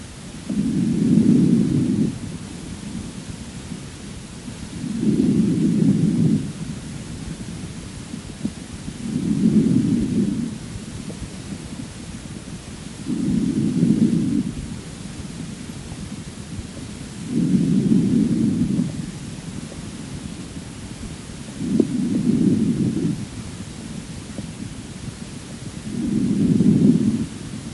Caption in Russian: У больного с левосторонним эксудативным плевритом. Справа, ниже угла лопатки, выслушивается нормальное везикулярное дыхание.